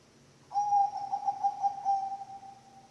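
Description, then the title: Zebra dove song, a rhythmic burst of rapid throbbing coos on one level pitch, lasting around two seconds before trailing off softly. Bangkok-type zebra dove (perkutut) song, used for training other birds (masteran) and as a lure (pancingan). "mster Mnuk. SUARA OCEHAN BURUNG PERKUTUT BANGKOK Untuk MASTERAN dan PANCINGAN"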